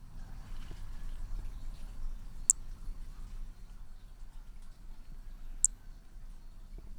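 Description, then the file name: Hermogenes' flea-toad calling with single sharp, very high chirps, one at about two and a half seconds and another three seconds later, over a low steady hum. Recorded at Picinguaba on 13 December 2017; individual 2. "MHNCI B hermogenesi Picinguaba ind 2 ex 2 tudo 05 cm 13 dez 2017 MRB"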